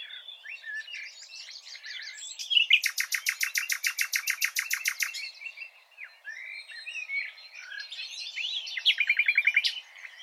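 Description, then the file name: Common nightingale song: soft varied phrases, then a loud rattling burst of rapid repeated notes, more quiet twitters and a short trill near the end. "Luscinia megarhynchos"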